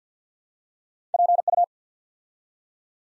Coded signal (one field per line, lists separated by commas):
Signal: Morse code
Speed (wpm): 50 wpm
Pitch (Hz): 700 Hz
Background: none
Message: PU